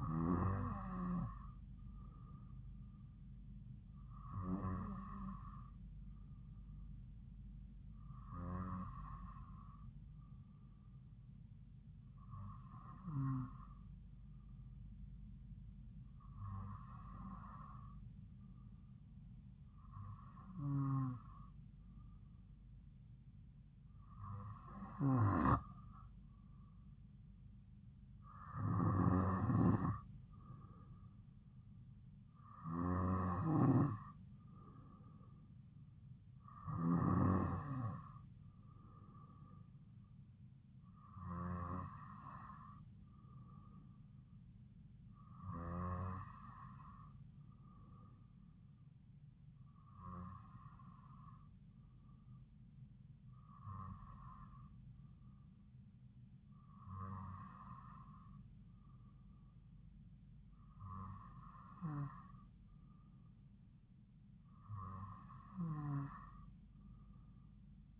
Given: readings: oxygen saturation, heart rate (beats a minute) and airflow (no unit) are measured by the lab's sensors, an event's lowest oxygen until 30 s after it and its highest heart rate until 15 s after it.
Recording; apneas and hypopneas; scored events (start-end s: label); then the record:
breathing in sleep by a smartphone at the bedside; none
55.00-68.00 s: new sleep stage, N3 (deep sleep)
From the record:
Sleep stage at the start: N2 (light sleep); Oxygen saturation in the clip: 93 to 95%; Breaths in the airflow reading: 17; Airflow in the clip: -2.8 to 2.2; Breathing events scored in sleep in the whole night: 270 in 6.1 hours asleep